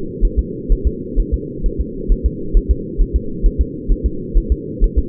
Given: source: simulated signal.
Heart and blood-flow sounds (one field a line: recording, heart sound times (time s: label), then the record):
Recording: fetal heart sounds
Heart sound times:
0.25 s: S1
0.39 s: S2
0.72 s: S1
0.87 s: S2
1.20 s: S1
1.34 s: S2
1.66 s: S1
1.81 s: S2
2.12 s: S1
2.26 s: S2
2.57 s: S1
2.71 s: S2
3.02 s: S1
3.16 s: S2
3.46 s: S1
3.61 s: S2
3.92 s: S1
4.06 s: S2
4.38 s: S1
4.52 s: S2
4.84 s: S1
4.99 s: S2
From the record:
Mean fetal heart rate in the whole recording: 130 bpm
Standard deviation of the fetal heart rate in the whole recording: 4 bpm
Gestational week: 38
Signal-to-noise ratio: -4.3 dB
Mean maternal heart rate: 72 bpm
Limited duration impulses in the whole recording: absent